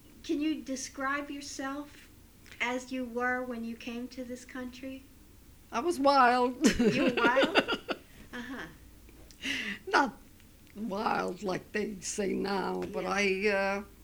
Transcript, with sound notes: can you describe yourself as you were when you came to this country?
I was wild. (she laughs)
You were wild?
Not wild like they say now, but I